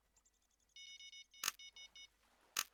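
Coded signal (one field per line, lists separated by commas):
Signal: none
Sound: fishing game bite beeps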